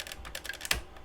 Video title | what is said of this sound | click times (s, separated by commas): Nonnef Productions Combiner Wars Hip Ratchets for Optimus/Motormaster/Silverbolt - V-Build 75 | oh there we go I heard it pop oh that was one pop so now this thing's uh dislodged | 0.7 s